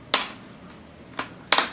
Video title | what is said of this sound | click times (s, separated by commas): LED Replacement for Acer Aspire 5742Z | keep snapping all across | 0.1 s, 1.5 s